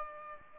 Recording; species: mosquito wingbeat signal from an infrared sensor; Aedes aegypti